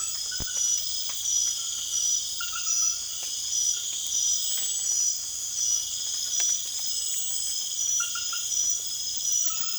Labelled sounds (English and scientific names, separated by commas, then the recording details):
none
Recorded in secondary vegetation near Puerto Asís, Putumayo, Colombia, on 27 June 2025
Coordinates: 0.488, -76.319
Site G094